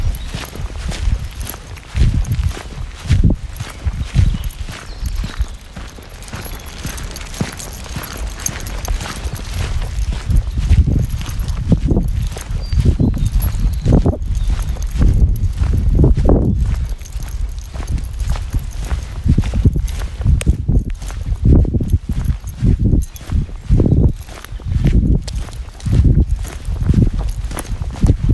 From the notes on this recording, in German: Eine Stunde Spaziergang im Wald mit Hund. Viele Vögel, ein paar andere Spaziergänger*innen, keine anderen Hunde.